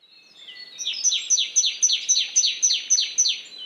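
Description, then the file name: Great tit giving a rapid series of about ten bright, downslurred notes at an even pace of roughly four per second, preceded by thin high whistles. "Parus major"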